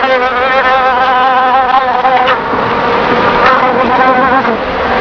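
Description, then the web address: Fly buzzing: a steady droning hum with a slightly wavering pitch that rises and falls as it continues without a break. "Key Multimedia Greetings Soft Key clpmedia soundfx animals flies"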